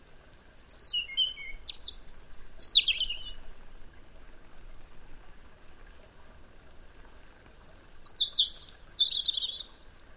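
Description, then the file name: European robin delivering two separate high, twinkling song phrases, each of rapid descending trills and squeaky notes, with a long near-silent pause between them. "Erithacus rubecula"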